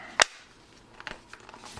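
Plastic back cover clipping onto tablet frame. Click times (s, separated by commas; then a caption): 0.2 s, 1.1 s. The plastic back cover of an Amazon Fire HD 10 (10.1" 1080P Full HD) tablet is pressed around its edge during a battery replacement, and its clips snap into the frame. There is a sharp, loud snap at 0.2 s, then a quieter click at 1.1 s among a few softer ticks. The cover seats quickly.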